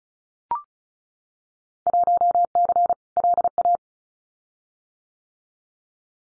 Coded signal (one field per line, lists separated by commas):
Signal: Morse code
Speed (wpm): 34 wpm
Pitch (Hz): 700 Hz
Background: none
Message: 1C LA